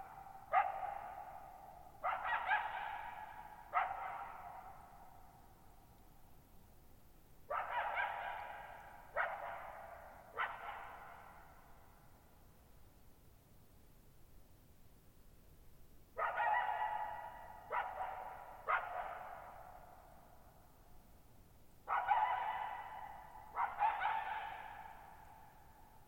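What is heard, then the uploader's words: A lone coyote barks in short bursts of two or three sharp, throaty calls, each trailing off with a brief echo across open ground. The bursts come roughly every five or six seconds. Between them there is only a quiet low hush. Lone Coyote at Thirtymile Meadows. Camped near Thirtymile Meadows in the Okanogan National Forest at 6400 ft (1950 m). The shallow-bowl shaped meadows made for a beautiful natural amphitheater for recording. With a shockingly low noise floor for an open-air recording space and reverberation that seemed to go on forever (RT60 of over 5.5 seconds).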